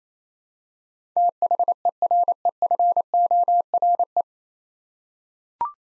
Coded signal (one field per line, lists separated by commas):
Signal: Morse code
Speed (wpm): 28 wpm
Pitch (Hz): 700 Hz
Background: none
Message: THEREFORE